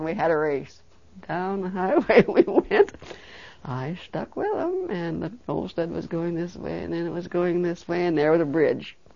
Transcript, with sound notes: We had a race. Down the highway we went. (she laughs) I stuck with them, and the whole sled was doing this way, and then it was going this way, and there was a bridge.